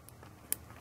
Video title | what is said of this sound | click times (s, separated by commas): Installing Sound Files onto the Taranis | plug the micro SD card back in you'll see it just clicks in place | 0.5 s